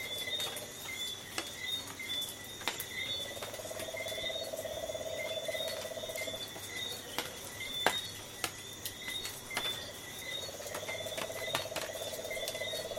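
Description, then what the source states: Tree frog giving pulsed trills in a brief opening burst and then two long bouts separated by a pause, backed by constant high-pitched insect buzzing and frequent dry clicks. Tree frogs and insects calling on the coast at night.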